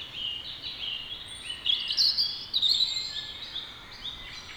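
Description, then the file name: European robin singing a sustained run of high, thin, tinkling notes and short trills, louder in the middle. "Erithacus rubecula"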